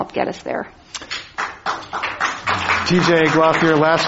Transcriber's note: applause